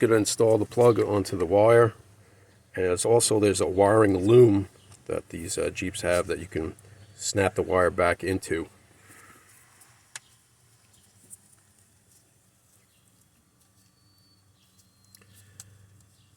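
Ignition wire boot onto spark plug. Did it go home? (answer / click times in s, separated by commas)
yes / 10.2 s, 15.6 s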